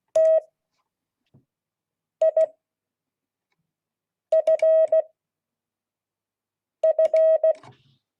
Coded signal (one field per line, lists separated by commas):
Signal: Morse code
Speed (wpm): 16 wpm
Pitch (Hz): 640 Hz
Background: none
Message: TIFF